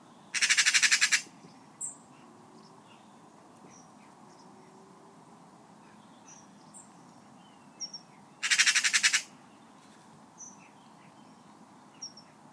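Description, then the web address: Bird sounding two rasping, pulsed bursts about eight seconds apart, with scattered faint high chirps and short notes in between. Call labelled "Pi Pi Pi Pi"; from a 2025 bird-only sound dataset. "Deverinetal 2025 Bird Only More Classes Pi Pi Pi Pi"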